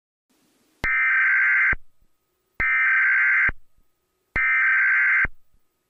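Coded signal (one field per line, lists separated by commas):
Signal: Emergency Alert System (SAME) tones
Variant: header bursts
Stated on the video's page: Fictional EAS scenario, simulated alert tones.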